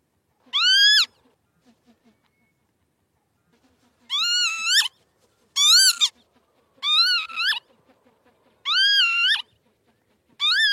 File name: canto do abibe comum